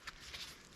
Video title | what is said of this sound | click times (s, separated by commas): the Novritsch Plate Carrier Detailed review | push it together and you can hear it lock in nice and audibly that's the magnets pulling the clip in | 0.1 s